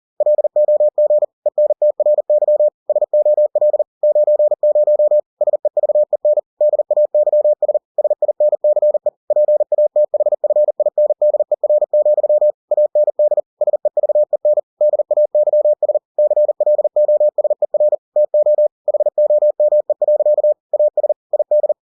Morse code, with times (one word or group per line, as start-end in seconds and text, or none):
0.2-1.2 LOG
1.5-2.7 ENTRY
2.9-3.8 SOL
4.0-5.2 90
5.4-6.4 SEVEN
6.6-7.8 DAYS
8.0-9.1 SINCE
9.3-12.5 PATHFINDER,
12.7-13.4 AND
13.6-14.6 SEVEN
14.8-16.0 DAYS
16.2-17.9 CLOSER
18.2-18.7 TO
18.9-20.5 HOME.
20.7-21.1 AS
21.3-21.7 ID